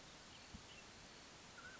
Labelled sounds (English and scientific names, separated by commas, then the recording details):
Mountain Quail (Oreortyx pictus)
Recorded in Sonoma County, California